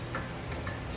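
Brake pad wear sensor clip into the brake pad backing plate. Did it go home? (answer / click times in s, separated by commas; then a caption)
yes / 0.2 s. A metal brake pad wear sensor clip on a 2016 Honda Civic aftermarket brake kit is pushed onto the inner brake pad backing plate, in the lower position on the inside of the rotor. It pops into place with a short, sharp click at 0.2 s, followed by fainter ticks against a steady background hiss. The sensor clip is seated.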